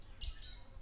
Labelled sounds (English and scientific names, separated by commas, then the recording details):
Stitchbird (Notiomystis cincta) song
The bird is a male
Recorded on Tiritiri Matangi Island, New Zealand, in 2005
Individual 3, of nest box 3